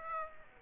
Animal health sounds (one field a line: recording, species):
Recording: mosquito wingbeat signal from an infrared sensor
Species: Aedes aegypti